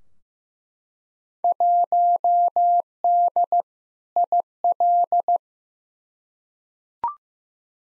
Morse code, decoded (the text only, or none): 1D IL